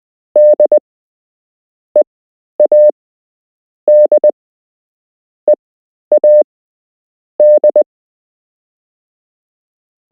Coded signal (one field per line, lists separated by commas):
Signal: Morse code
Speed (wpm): 20 wpm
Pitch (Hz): 600 Hz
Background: none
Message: DEADEAD